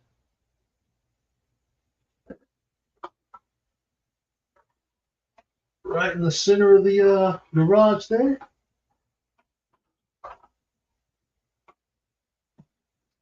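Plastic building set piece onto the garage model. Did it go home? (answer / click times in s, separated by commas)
yes / 10.2 s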